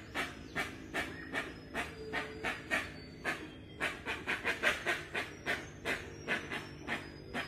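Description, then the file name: Rusty-margined guan delivering hoarse chuffs in a rolling series, briefly pausing then resuming faster, with thin whistles of other birds audible. Song (canto). "Canto da jacupemba"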